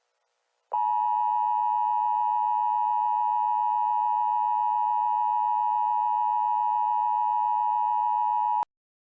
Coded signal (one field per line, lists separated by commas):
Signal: Emergency Alert System (SAME) tones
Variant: 853 and 960 Hz attention tone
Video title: Freezing Rain: EAS Mock (Christmas Special)